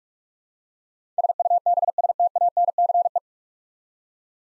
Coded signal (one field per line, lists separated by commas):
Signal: Morse code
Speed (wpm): 44 wpm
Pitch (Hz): 700 Hz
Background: none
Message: SUBSTANCE